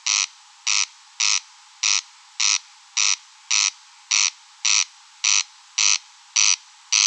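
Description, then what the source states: Corn crake harsh, scraping call repeated regularly, about twelve notes in seven seconds, steady loudness, no other animals heard. Recorded at Rønbjerg Enge.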